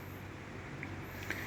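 The rubber/plastic dust cap on the back of a Scorpio N headlamp housing is rotated anticlockwise over a steady low hum. Two short, sharp clicks sound at 0.8 s and 1.3 s as the cap unlocks and comes out, released.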